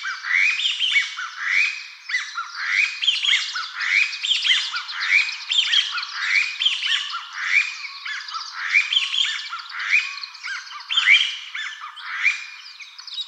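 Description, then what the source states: Chinese bamboo partridge calls in a dense overlapping series of harsh, upslurred notes, repeated steadily throughout without pause. Recorded 23 March 2016.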